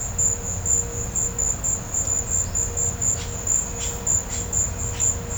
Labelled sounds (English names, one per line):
none